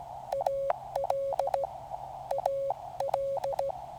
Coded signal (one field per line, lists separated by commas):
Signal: Morse code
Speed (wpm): 16 wpm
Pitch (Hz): 550 Hz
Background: none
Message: AL AL